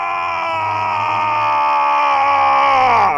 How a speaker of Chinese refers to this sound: 然而，佩罗萨恩的尖叫声越来越响，令听者闻之战栗。